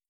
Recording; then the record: hydrophone in a shrimp aquaculture tank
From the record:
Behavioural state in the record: starved